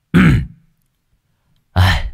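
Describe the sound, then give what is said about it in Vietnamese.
Two loud, gruff throat clearings by Vũ, a story character, who then stretches. They are separated by a long silent pause, and each is a short rasping burst with a low, rumbling hum underneath. “Dứt lời, Vũ không nói thêm gì nữa, e hèm một cái rõ to, đoạn vươn vai.”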